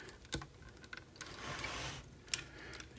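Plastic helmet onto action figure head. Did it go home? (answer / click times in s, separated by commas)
no / none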